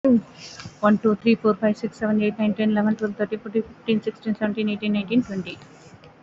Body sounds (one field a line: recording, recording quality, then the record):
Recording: counting at a fast pace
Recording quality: excellent, no background noise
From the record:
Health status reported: COVID-19 positive, moderate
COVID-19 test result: positive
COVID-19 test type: RT-PCR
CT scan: taken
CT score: 4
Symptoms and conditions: cough, cold, fatigue, muscle pain, loss of smell and taste, another respiratory illness, hypertension, diabetes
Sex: female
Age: 46 years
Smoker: no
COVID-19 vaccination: both doses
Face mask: worn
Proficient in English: yes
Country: India